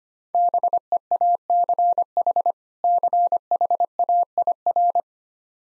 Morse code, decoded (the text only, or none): BEACH CHAIR